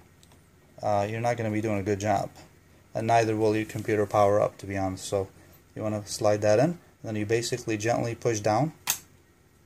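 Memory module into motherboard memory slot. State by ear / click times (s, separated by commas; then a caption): seated / 8.9 s. A laptop-style RAM module for an HP TouchSmart 300 is slid gold pins first into its motherboard memory slot and then gently pushed down, while someone talks throughout. At 8.9 s a sharp snap is heard as the retaining clips lock the module in place, confirming it is seated.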